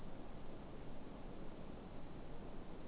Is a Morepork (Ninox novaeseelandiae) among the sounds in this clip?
no